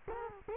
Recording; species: mosquito wingbeat signal from an infrared sensor; Culex quinquefasciatus